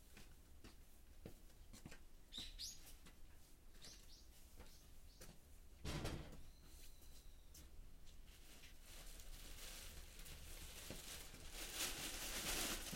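Harvested greens are being weighed and bundled: scattered light clicks and rustles, a sharp louder knock near six seconds, and a bright tearing hiss from about eleven seconds, like tape being pulled. A few high bird chirps come early, over a steady low hum.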